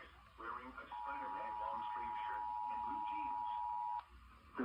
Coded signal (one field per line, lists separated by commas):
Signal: Emergency Alert System (SAME) tones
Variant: 853 and 960 Hz attention tone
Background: speech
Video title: EAS 174-175 CAE (3/14/24)